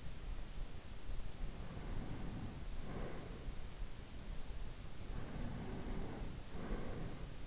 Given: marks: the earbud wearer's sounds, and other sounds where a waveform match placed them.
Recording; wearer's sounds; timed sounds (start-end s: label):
sounds in sleep by an in-ear microphone; breath
1.27-3.56 s: breath
4.96-7.47 s: breath